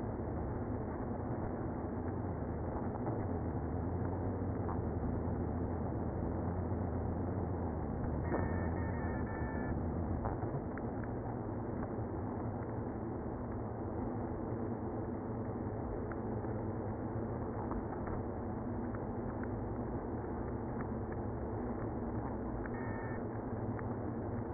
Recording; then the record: honeybee colony, microphone inside the hive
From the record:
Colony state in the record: queenless (queen removed); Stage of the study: after two queens were removed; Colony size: about 60,000 bees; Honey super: yes